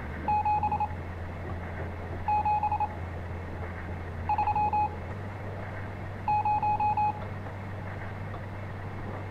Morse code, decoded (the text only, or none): 7 7 3 0